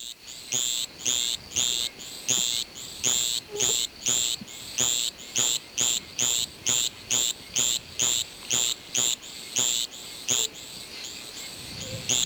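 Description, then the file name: Javelin frog giving a long, steady series of short, high-pitched notes. "Litoria microbelos"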